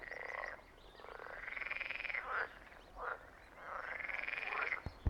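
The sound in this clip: Frog croaking in long, buzzy pulsed trills that rise and fall in pitch, with a low rumble and a click at the end.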